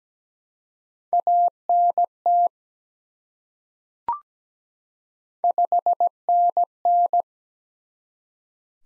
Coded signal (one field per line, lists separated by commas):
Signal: Morse code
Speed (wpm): 17 wpm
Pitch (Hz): 700 Hz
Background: none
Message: ANT 5NN